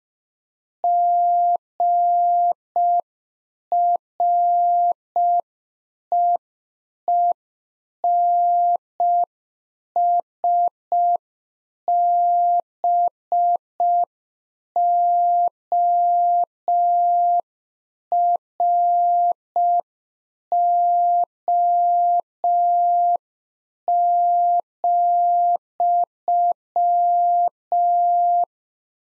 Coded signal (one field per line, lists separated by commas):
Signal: Morse code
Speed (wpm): 5 wpm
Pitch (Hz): 700 Hz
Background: none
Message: GREENSBORO,